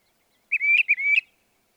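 Northern mockingbird song: two quick slurred rising whistles with sharp accents, back to back.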